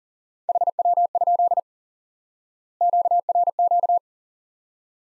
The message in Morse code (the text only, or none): HW? QRQ